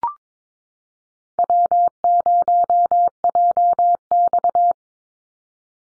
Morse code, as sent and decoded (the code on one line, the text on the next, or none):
.-- ----- .--- -..-
W0JX